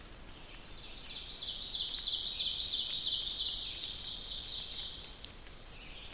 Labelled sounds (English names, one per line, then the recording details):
Ovenbird song
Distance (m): 50 m
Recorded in boreal forest in Alberta, Canada, on 2 June 2016 at 06:19
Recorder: SongMeter 3, array SBT-3-7
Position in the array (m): -2 m, 87 m
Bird 7